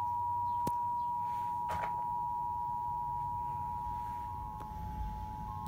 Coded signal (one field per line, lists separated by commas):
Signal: Emergency Alert System (SAME) tones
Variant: 853 and 960 Hz attention tone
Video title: EAS 165: FEBRUARY RMT FOR PENNSYLVANIA